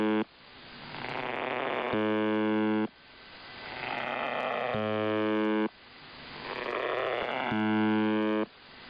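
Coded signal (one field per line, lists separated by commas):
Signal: channel marker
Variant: UVB-76 (The Buzzer)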